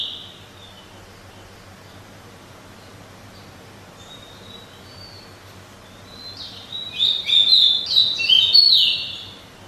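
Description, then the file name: Pied bushchat song: quiet high notes at first, then from about six seconds a burst of rapid, scratchy, high warbled phrases. "suara kicauan burung decu. omkicau"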